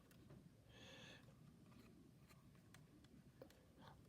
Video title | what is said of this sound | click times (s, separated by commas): VLOG 11: completing the G.I. Joe 1988 Cobra BUGG | Okay. I think we've got it now because I got it to click in there. | 2.7 s